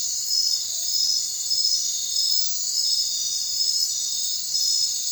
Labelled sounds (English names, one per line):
none